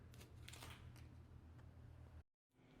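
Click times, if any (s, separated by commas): none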